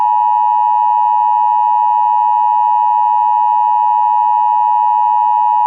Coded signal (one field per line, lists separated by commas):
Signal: Emergency Alert System (SAME) tones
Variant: 853 and 960 Hz attention tone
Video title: WISCONSIN AMBER ALERT CANCELLATION MESSAGE EAS 3/8/21